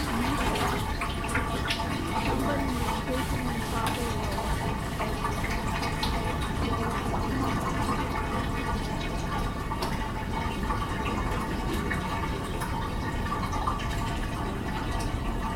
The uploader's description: collage of sounds from Oregon